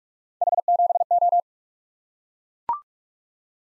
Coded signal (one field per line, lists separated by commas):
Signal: Morse code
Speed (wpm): 44 wpm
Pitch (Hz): 700 Hz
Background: none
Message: H7O